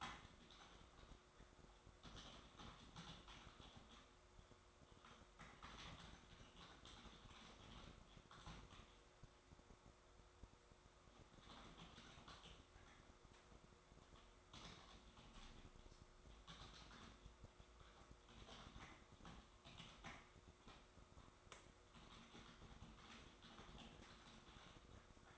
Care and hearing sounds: daily activity, microphone in the room; typing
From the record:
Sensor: 3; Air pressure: 1004.4 hPa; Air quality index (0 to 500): 196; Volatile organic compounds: 14 ppm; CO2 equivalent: 2455 ppm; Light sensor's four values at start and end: 6/16/5/6 and 6/16/5/6

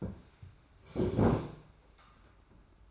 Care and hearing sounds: daily activity, microphone in the room; sit down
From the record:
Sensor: 2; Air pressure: 991.5 hPa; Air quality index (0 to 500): 182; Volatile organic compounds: 1000 ppm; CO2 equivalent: 5934 ppm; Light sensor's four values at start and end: 25/79/31/30 and 27/85/33/31

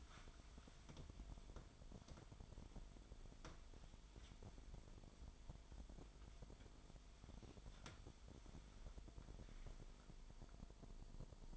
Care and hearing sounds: daily activity, microphone in the room; wipe stove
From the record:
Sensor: 5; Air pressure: 1003.3 hPa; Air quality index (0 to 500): 138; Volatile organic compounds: 2 ppm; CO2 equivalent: 1013 ppm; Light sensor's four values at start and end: 38/87/38/44 and 38/86/38/44

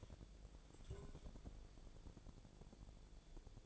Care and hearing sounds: daily activity, microphone in the room; take from stove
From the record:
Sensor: 5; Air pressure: 1000.0 hPa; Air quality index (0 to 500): 97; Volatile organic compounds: 1 ppm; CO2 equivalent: 791 ppm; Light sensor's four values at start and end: 308/716/313/352 and 298/696/303/340

